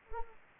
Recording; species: mosquito wingbeat signal from an infrared sensor; Anopheles gambiae